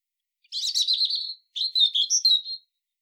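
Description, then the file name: European robin song phrase, a thin warbling twitter sliding around high pitch, then a second trilling, wavering segment after a short pause. "Erithacus rubecula"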